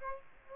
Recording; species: mosquito wingbeat signal from an infrared sensor; Aedes aegypti